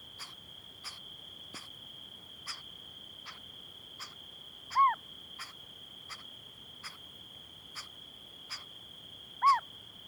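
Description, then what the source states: Cyprus scops owl with short raspy begging hisses in a regular series, broken twice by loud, clipped, arching calls, over a constant high whining tone. Begging calls of a juvenile together with excitement calls of an adult.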